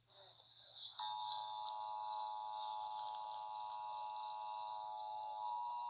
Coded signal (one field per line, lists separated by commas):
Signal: Emergency Alert System (SAME) tones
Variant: 853 and 960 Hz attention tone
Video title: Alice killings An EAS CREPPYPASTA SCENARIO